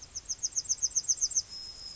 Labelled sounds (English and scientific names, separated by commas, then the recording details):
Yellowhammer (Emberiza citrinella) song
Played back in grassland
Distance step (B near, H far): D
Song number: 014